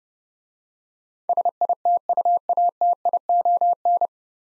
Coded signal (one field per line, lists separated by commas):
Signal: Morse code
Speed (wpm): 30 wpm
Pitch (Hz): 700 Hz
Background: none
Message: SITUATION